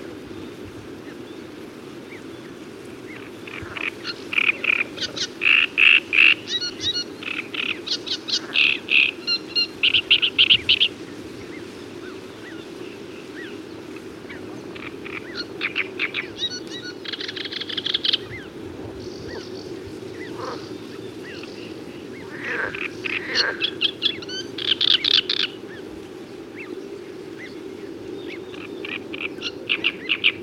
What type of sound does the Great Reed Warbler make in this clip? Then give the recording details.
song. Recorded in the wild. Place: Dassow, Mecklenburg-Vorpommern, DE. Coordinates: 53.963, 10.938. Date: 1980-05-26. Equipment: Nagra III BH, Sennheiser MD 21, parabola. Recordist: Schubert, Michael